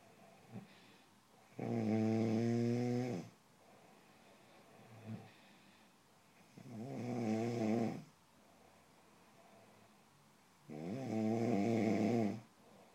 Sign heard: Audio snoring.